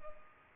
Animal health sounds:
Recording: mosquito wingbeat signal from an infrared sensor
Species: Culex pipiens

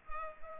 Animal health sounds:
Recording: mosquito wingbeat signal from an infrared sensor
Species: Culex pipiens

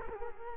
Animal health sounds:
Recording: mosquito wingbeat signal from an infrared sensor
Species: Culex quinquefasciatus

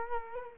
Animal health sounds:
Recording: mosquito wingbeat signal from an infrared sensor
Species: Culex quinquefasciatus

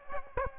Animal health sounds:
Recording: mosquito wingbeat signal from an infrared sensor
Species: Aedes aegypti

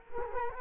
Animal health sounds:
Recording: mosquito wingbeat signal from an infrared sensor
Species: Culex quinquefasciatus

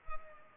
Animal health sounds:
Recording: mosquito wingbeat signal from an infrared sensor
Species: Culex pipiens

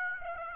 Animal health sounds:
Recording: mosquito wingbeat signal from an infrared sensor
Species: Aedes aegypti

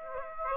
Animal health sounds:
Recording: mosquito wingbeat signal from an infrared sensor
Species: Aedes aegypti

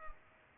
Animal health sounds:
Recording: mosquito wingbeat signal from an infrared sensor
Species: Culex pipiens

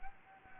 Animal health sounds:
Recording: mosquito wingbeat signal from an infrared sensor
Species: Anopheles gambiae

